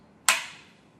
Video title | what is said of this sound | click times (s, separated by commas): OptiCam2 Complete | Snaps right into place. | 0.3 s